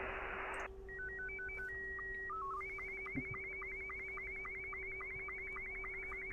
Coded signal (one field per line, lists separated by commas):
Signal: SSTV (slow-scan television)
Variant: Scottie 2